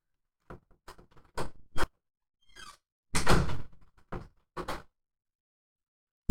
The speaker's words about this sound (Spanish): Estoy cerrando todas las puertas aquí.